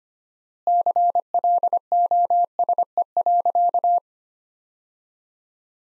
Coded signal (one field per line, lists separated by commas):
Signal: Morse code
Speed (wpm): 25 wpm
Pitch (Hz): 700 Hz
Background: none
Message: CLOSE.